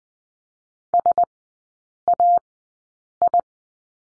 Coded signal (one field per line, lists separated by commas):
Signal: Morse code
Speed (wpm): 20 wpm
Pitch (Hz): 700 Hz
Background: none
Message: SAI